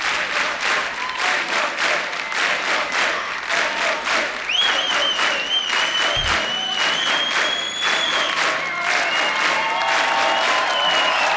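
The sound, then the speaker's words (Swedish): A concert crowd at Cirkus in Stockholm, Sweden, on 1 May 2001 applauds steadily and loudly, clapping building into a dense wash, with scattered whistles and cheers rising over it midway as the audience keeps calling for more. “Och varken vi eller publiken på Cirkus har fått nog ännu, eller hur?”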